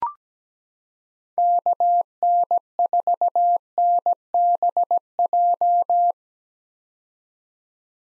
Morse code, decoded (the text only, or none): KN4NBJ